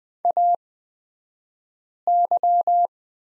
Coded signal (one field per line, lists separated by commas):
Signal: Morse code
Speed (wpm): 20 wpm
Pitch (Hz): 700 Hz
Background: none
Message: AY